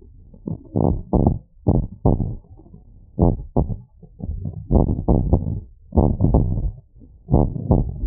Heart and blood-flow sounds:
heart sounds
0.00	0.82	diastole
0.82	0.94	S1
0.94	1.14	systole
1.14	1.24	S2
1.24	1.68	diastole
1.68	1.83	S1
1.83	2.04	systole
2.04	2.19	S2
2.19	3.19	diastole
3.19	3.33	S1
3.33	3.55	systole
3.55	3.65	S2
3.65	4.71	diastole
4.71	4.84	S1
4.84	5.12	systole
5.12	5.21	S2
5.21	5.98	diastole
5.98	6.09	S1
6.09	6.34	systole
6.34	6.45	S2
6.45	7.32	diastole
7.32	7.45	S1
7.45	7.68	systole
7.68	7.78	S2
7.78	8.07	diastole
From the record:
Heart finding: abnormal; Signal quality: good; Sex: male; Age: 22 years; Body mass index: 18.6

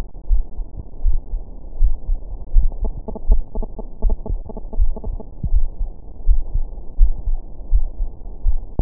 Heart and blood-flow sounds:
heart sounds
0.00	0.29	diastole
0.29	0.43	S1
0.43	0.57	systole
0.57	0.67	S2
0.67	1.05	diastole
1.05	1.19	S1
1.19	1.33	systole
1.33	1.43	S2
1.43	1.81	diastole
1.81	1.95	S1
1.95	2.09	systole
2.09	2.19	S2
2.19	2.55	diastole
2.55	2.71	S1
2.71	2.83	systole
2.83	2.93	S2
2.93	3.29	diastole
3.29	3.43	S1
3.43	3.57	systole
3.57	3.67	S2
3.67	4.03	diastole
4.03	4.17	S1
4.17	4.29	systole
4.29	4.39	S2
4.39	4.77	diastole
4.77	4.91	S1
4.91	5.07	systole
5.07	5.17	S2
5.17	5.53	diastole
5.53	5.67	S1
5.67	5.81	systole
5.81	5.89	S2
5.89	6.27	diastole
6.27	6.41	S1
6.41	6.55	systole
6.55	6.65	S2
6.65	6.99	diastole
6.99	7.13	S1
7.13	7.27	systole
7.27	7.37	S2
7.37	7.73	diastole
7.73	7.87	S1
7.87	8.01	systole
8.01	8.09	S2
8.09	8.45	diastole
8.45	8.59	S1
8.59	8.75	systole
8.75	8.82	S2
From the record:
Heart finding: coronary artery disease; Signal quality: good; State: rest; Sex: female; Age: 45 years

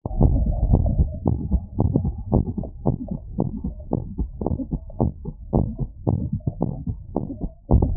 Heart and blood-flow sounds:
heart sounds
0.00	0.18	diastole
0.18	0.34	S1
0.34	0.40	systole
0.40	0.54	S2
0.54	0.68	diastole
0.68	0.82	S1
0.82	0.96	systole
0.96	1.10	S2
1.10	1.28	diastole
1.28	1.40	S1
1.40	1.52	systole
1.52	1.62	S2
1.62	1.80	diastole
1.80	1.92	S1
1.92	2.06	systole
2.06	2.16	S2
2.16	2.32	diastole
2.32	2.44	S1
2.44	2.58	systole
2.58	2.66	S2
2.66	2.84	diastole
2.84	2.94	S1
2.94	3.08	systole
3.08	3.18	S2
3.18	3.36	diastole
3.36	3.46	S1
3.46	3.62	systole
3.62	3.72	S2
3.72	3.92	diastole
3.92	4.02	S1
4.02	4.18	systole
4.18	4.28	S2
4.28	4.46	diastole
4.46	4.58	S1
4.58	4.74	systole
4.74	4.84	S2
4.84	5.02	diastole
5.02	5.12	S1
5.12	5.26	systole
5.26	5.36	S2
5.36	5.54	diastole
5.54	5.66	S1
5.66	5.82	systole
5.82	5.90	S2
5.90	6.08	diastole
6.08	6.20	S1
6.20	6.34	systole
6.34	6.44	S2
6.44	6.62	diastole
6.62	6.72	S1
6.72	6.88	systole
6.88	6.98	S2
6.98	7.16	diastole
7.16	7.26	S1
7.26	7.42	systole
7.42	7.52	S2
7.52	7.72	diastole
7.72	7.84	S1
7.84	7.94	systole
7.94	7.97	S2
From the record:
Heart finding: normal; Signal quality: good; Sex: female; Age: 83 years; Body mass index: 23.1

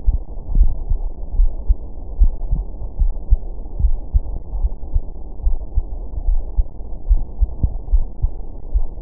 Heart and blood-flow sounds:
heart sounds
0.00	0.02	S2
0.02	0.54	diastole
0.54	0.72	S1
0.72	0.88	systole
0.88	0.98	S2
0.98	1.36	diastole
1.36	1.50	S1
1.50	1.68	systole
1.68	1.78	S2
1.78	2.20	diastole
2.20	2.34	S1
2.34	2.52	systole
2.52	2.64	S2
2.64	3.00	diastole
3.00	3.12	S1
3.12	3.30	systole
3.30	3.40	S2
3.40	3.80	diastole
3.80	3.96	S1
3.96	4.14	systole
4.14	4.24	S2
4.24	4.58	diastole
4.58	4.72	S1
4.72	4.92	systole
4.92	5.02	S2
5.02	5.44	diastole
5.44	5.56	S1
5.56	5.74	systole
5.74	5.84	S2
5.84	6.26	diastole
6.26	6.40	S1
6.40	6.56	systole
6.56	6.66	S2
6.66	7.08	diastole
7.08	7.22	S1
7.22	7.40	systole
7.40	7.50	S2
7.50	7.92	diastole
7.92	8.06	S1
8.06	8.22	systole
8.22	8.32	S2
8.32	8.74	diastole
8.74	8.86	S1
8.86	9.02	systole
From the record:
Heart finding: coronary artery disease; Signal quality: good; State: rest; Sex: female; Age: 65 years

